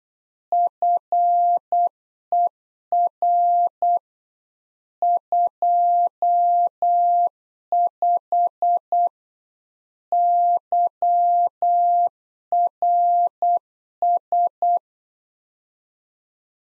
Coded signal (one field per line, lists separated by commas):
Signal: Morse code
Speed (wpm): 8 wpm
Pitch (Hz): 700 Hz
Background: none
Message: FER 25 YRS